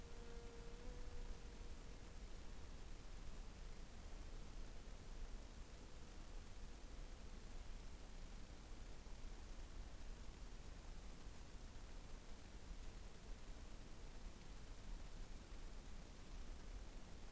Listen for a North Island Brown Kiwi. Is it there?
no